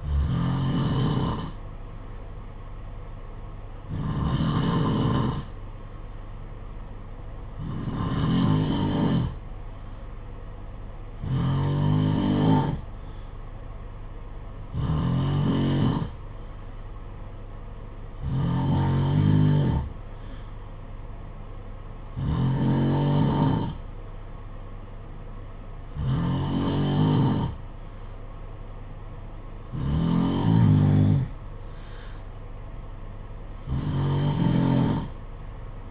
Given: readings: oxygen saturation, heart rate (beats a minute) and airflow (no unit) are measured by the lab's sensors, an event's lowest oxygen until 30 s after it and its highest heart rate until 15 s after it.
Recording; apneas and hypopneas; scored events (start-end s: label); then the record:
breathing in sleep by a smartphone at the bedside; none
none scored
From the record:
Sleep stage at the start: N2 (light sleep); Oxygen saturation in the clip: 91 to 92%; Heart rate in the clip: 54 to 61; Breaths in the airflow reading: 10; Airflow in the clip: -4.8 to 4.1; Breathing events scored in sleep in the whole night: 476 in 9.7 hours asleep